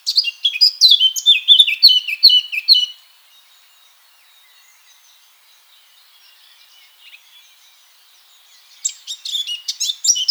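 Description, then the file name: Eurasian blackcap song: a rapid, scratchy, chattering warble of about three seconds, a long quiet gap, then another warbling phrase starting near the end. "Sylvia atricapilla"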